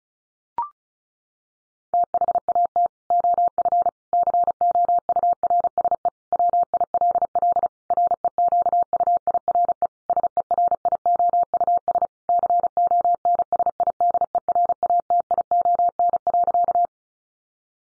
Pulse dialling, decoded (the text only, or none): none